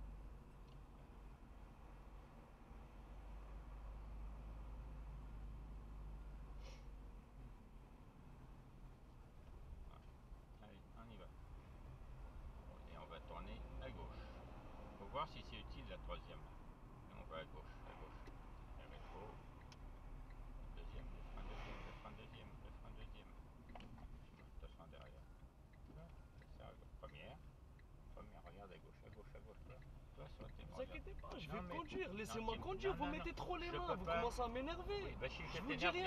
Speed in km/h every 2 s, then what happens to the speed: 25, 27, 25, 22, 21, 23, 34, 33, 30, 29, 29, 19, 18, 16, 16, 17, 26, 41.
0-9 steady at about 25. 9-12 speeds up to 34. 13-22 slows to 19. 22-29 steady at about 16. 29-36 speeds up to 41.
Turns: 24-30.